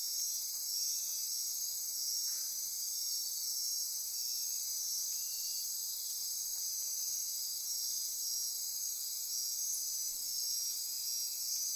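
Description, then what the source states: Insects in chorus, an unbroken wall of high buzzing and trilling from many callers. Insect chorus recorded at midnight near Corcovado.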